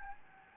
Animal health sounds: mosquito wingbeat signal from an infrared sensor; Anopheles gambiae

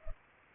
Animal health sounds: mosquito wingbeat signal from an infrared sensor; Culex pipiens

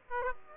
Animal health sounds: mosquito wingbeat signal from an infrared sensor; Aedes aegypti

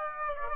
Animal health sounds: mosquito wingbeat signal from an infrared sensor; Aedes aegypti

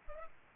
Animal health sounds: mosquito wingbeat signal from an infrared sensor; Culex pipiens

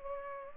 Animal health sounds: mosquito wingbeat signal from an infrared sensor; Culex pipiens

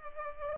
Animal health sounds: mosquito wingbeat signal from an infrared sensor; Culex pipiens

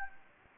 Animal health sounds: mosquito wingbeat signal from an infrared sensor; Anopheles gambiae

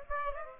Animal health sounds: mosquito wingbeat signal from an infrared sensor; Aedes aegypti

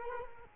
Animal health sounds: mosquito wingbeat signal from an infrared sensor; Culex quinquefasciatus

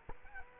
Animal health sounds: mosquito wingbeat signal from an infrared sensor; Culex quinquefasciatus

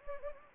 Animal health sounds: mosquito wingbeat signal from an infrared sensor; Anopheles gambiae

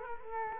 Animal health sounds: mosquito wingbeat signal from an infrared sensor; Culex quinquefasciatus

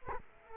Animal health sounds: mosquito wingbeat signal from an infrared sensor; Culex quinquefasciatus

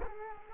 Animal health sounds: mosquito wingbeat signal from an infrared sensor; Culex quinquefasciatus

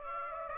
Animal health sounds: mosquito wingbeat signal from an infrared sensor; Aedes aegypti

